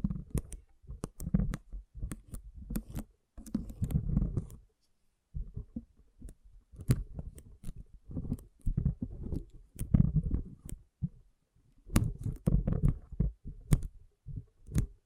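Water beads squish and rattle in irregular low, muffled bursts dotted with sharp clicks, pausing briefly to silence just before five seconds.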